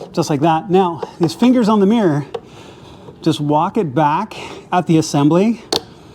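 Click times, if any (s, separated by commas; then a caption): none. A car's side mirror glass is handled against the mirror assembly, guided by its fingers, while someone talks over the soft handling noises. Nothing has seated or clicked yet; the glass is not yet home.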